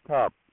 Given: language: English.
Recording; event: throat vibration sensor signal played as sound; speech